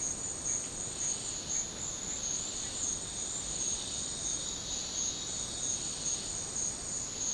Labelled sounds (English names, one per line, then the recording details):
none
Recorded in dense forest near Puerto Asís, Putumayo, Colombia, on 12 March 2025 at 13:30
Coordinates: 0.500, -76.322
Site GP06